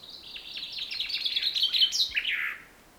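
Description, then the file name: Common chaffinch song: a rattling series of high chips running into a falling trill with a closing flourish, heard once. "Fringilla coelebs"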